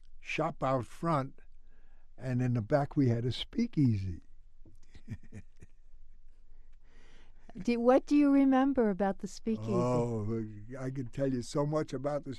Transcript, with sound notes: shop out front and in the back we had a speak easy. [Laughs]
What do you remember about the speak easy?
Oh, I could tell you so much about the speak easy.